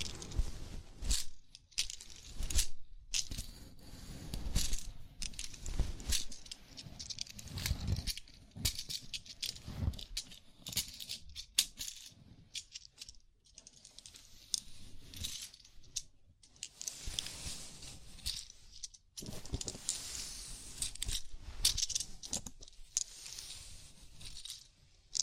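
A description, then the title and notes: A scalp massage: fingers rub and scratch through hair in dense, crackly bursts, crisp and bright with some low rumbling under them. The rubbing comes in uneven strokes of a few seconds, broken by brief pauses near 1, 3 and 19 seconds. ASMR Sleepy Scalp Massage (No Talking).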